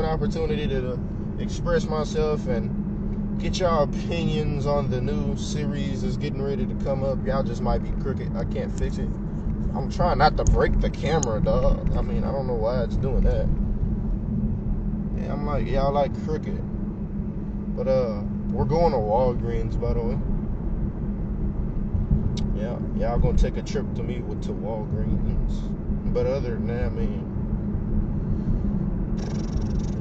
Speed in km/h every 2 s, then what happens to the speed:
55, 55, 55, 53, 53, 53, 53, 53, 55, 55, 58, 58, 58, 58, 60.
0-30 steady at about 55.